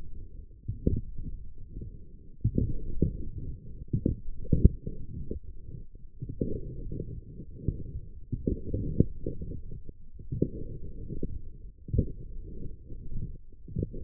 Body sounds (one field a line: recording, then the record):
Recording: forearm muscle sounds (acoustic myography)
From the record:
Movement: forearm pronation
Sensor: system 1, eight BSWA MPA416 microphones around the upper forearm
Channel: 7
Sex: male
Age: 18 years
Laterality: right